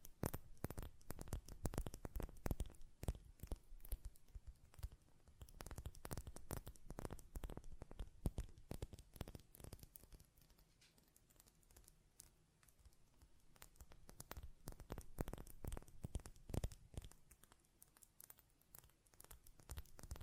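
A glass perfume bottle is tapped in quick, irregular clusters of sharp clicks through the whole twenty seconds. The taps come densely with brief thinner stretches around ten to thirteen seconds, and each strike is crisp and bright with a little low thump beneath.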